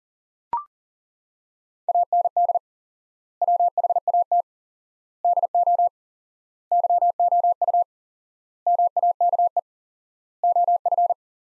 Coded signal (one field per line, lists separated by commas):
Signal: Morse code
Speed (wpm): 40 wpm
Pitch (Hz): 700 Hz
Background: none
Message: AND WHAT DO YOU MAKE OF